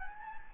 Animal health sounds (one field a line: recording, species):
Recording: mosquito wingbeat signal from an infrared sensor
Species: Anopheles gambiae